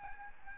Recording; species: mosquito wingbeat signal from an infrared sensor; Aedes albopictus